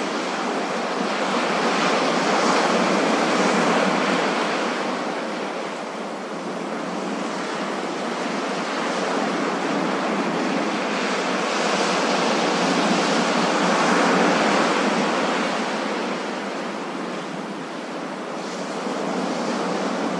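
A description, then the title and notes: Ocean waves wash in a continuous, dense rush with no lows and a cut-off above. The surf swells and eases in slow cycles, louder around three, eight to fourteen, and nineteen seconds, dipping briefly near six and seventeen. No other sounds stand out. The sound of ocean waves. Wave noise.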